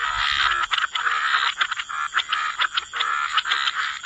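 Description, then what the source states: Frogs calling together in a dense, continuous chorus of rattling croaks, with a steady high hiss throughout. Frog chorus mixed with white noise.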